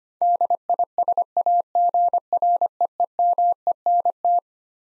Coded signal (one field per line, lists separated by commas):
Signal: Morse code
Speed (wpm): 25 wpm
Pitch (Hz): 700 Hz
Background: none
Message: DISAGREEMENT